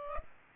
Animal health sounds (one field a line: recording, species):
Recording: mosquito wingbeat signal from an infrared sensor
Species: Aedes aegypti